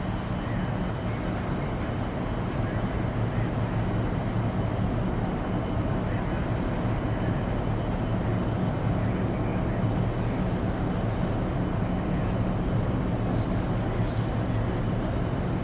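Shuttle cabin atmosphere: a steady, dense roar with a strong low hum running unchanged for the whole stretch. The level holds even throughout, with only faint, brief brighter flickers around the tenth and thirteenth seconds riding over the constant drone.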